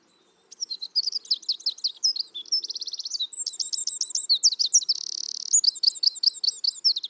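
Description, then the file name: Eurasian wren singing a long, loud cascade of rapid high trills and chattering phrases, with a fast buzzy stretch late in the song; nothing else stands out. "Troglodytes troglodytes"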